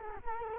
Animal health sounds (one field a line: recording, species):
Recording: mosquito wingbeat signal from an infrared sensor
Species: Culex quinquefasciatus